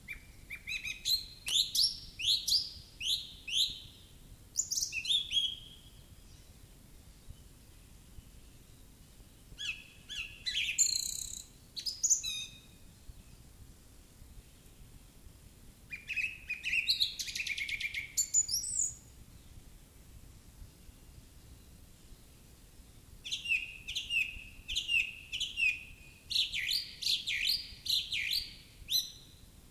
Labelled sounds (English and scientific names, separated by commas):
Song Thrush (Turdus philomelos) song